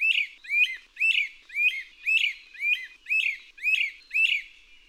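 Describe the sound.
Bird song: a short, clear whistled phrase repeated several times in a row, each a quick sweeping note with a bright, chirpy edge.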